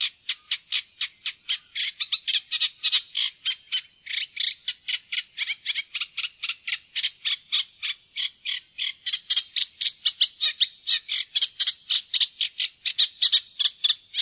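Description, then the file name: Eurasian reed warbler song: a long, churring chatter of harsh, grating notes delivered in a fast, uneven rhythm. "roersanger"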